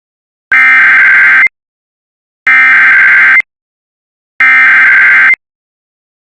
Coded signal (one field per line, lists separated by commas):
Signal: Emergency Alert System (SAME) tones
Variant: header bursts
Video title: IPAWSCAP EAS Fire Warning for Chelan Washington due to Wildfire (06/28/26)